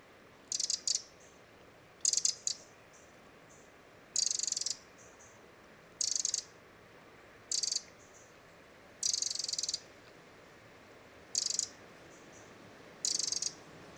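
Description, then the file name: Eurasian wren giving short, hard rattling bursts of high, dry notes, repeated every couple of seconds with quiet pauses between. "Troglodytes troglodytes"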